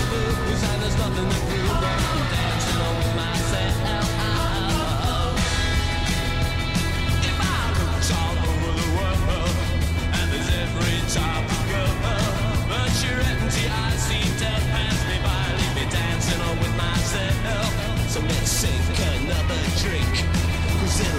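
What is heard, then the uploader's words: Inside a moving vehicle, a steady low engine drone holds throughout, with a deep hum that shifts pitch slightly every few seconds. Over it sits a constant hiss and crackle like radio static, with thin tonal whines and brief clicks scattered across the 21 seconds. An 80s Summer Drive.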